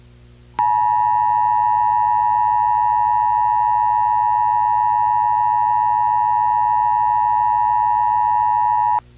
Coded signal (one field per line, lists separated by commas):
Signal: Emergency Alert System (SAME) tones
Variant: 853 and 960 Hz attention tone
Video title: EAS - TN Required Monthly Test - 09 December 2025